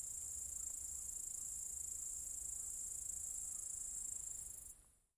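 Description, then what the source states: Steady shrill cicada buzz, high and unvarying, that cuts off shortly before the end and fades into silence. Several cicadas in an apple tree orchard at Zalensų Sodybos, Lithuania, recorded 23 August 2015.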